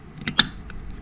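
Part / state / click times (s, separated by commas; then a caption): plastic cover on a seat rail lift spacer / seated / 0.4 s. A plastic cover on a seat rail lift spacer is pressed down and snaps into place a second time, seated. A few light clicks come first, then a sharp, bright snap at 0.4 s, followed by fainter ticks.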